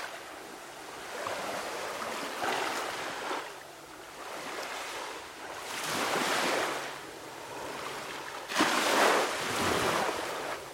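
Waves lap against a sandy beach in slow, repeating surges, each swelling into a bright hiss of foam and then draining back. The biggest breaks land near six and nine seconds, detailed, over a soft low rumble of wind and surf.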